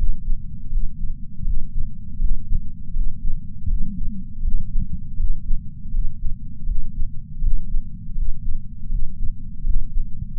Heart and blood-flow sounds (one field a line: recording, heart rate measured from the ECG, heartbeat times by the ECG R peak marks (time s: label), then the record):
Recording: heart sounds by patch sensor on the chest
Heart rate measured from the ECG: 81 bpm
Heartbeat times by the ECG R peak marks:
0.70 s: heartbeat
1.44 s: heartbeat
2.19 s: heartbeat
2.94 s: heartbeat
3.68 s: heartbeat
4.42 s: heartbeat
5.17 s: heartbeat
5.91 s: heartbeat
6.66 s: heartbeat
7.41 s: heartbeat
8.15 s: heartbeat
8.89 s: heartbeat
9.64 s: heartbeat
10.38 s: heartbeat
From the record:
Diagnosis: coronary artery disease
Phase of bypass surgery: preoperative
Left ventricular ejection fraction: 63.3%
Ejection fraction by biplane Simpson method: 60.1%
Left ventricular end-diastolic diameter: 44 mm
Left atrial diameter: 34 mm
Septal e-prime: 5.7 cm/s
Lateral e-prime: 6.6 cm/s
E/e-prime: 12.8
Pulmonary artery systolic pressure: 18 mmHg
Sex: female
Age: 71 years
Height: 150 cm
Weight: 59 kg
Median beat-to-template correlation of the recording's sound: 0.93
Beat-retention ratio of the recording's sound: 0.99